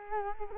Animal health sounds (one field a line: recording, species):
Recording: mosquito wingbeat signal from an infrared sensor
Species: Culex quinquefasciatus